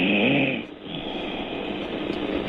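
A single loud, rough snore from a woman lasts about half a second, followed by steady hiss from a telephone line. The sound is thin and tinny from the phone connection. This is ordinary sleep snoring from someone who has fallen asleep during a phone call.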